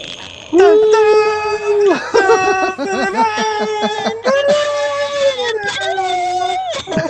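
High, drawn-out whimpering cries rise and waver across several long wails separated by brief catches of breath, loud and tonal, with no talking over them.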